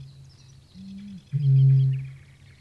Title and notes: Ilkka Heiskanen Kevät - Luontoääniä Päijät-Hämeestä. Kaulushaikara